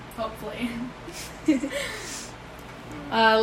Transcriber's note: laughter